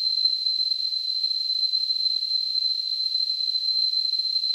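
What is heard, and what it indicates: Simulated tinnitus: a steady, continuous high-pitched tone near 4 kHz with a faint hiss around it, unchanging throughout.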